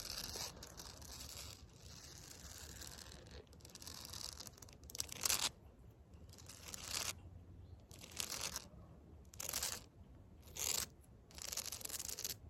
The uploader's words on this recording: ASMR CONCRETE SCRATCHING WITH FAKE NAILS (towards camera and back).